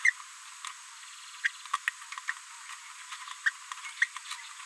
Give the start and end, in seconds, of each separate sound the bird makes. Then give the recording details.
0.04-0.12, 1.43-1.48, 1.73-1.77, 2.28-2.32, 3.12-3.14, 3.45-3.50, 3.85-3.88, 4.01-4.06, 4.30-4.34. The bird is a female. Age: 30 days. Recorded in a nest box in Venezuela. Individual 17B73B3